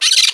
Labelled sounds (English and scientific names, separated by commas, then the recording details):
Brown-throated Parakeet (Eupsittula pertinax) contact call
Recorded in Margarita
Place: San Francisco, near stadium
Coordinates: 11.018, -64.294